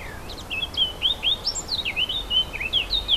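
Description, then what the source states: Warbler song, a steady flow of slurred whistles and chattery notes with one higher, thin note midway, over a faint rumble. Recorded 4 May 2011 on an MZ-N710 recorder.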